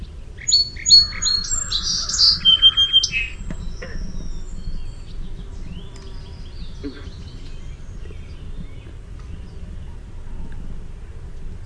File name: SOSP song